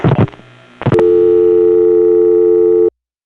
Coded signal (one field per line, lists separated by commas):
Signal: telephone call progress tone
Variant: North America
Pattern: dial tone